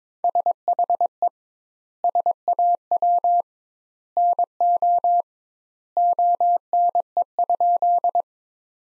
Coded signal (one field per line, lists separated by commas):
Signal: Morse code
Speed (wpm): 22 wpm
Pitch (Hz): 700 Hz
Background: none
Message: SHE SAW NO ONE?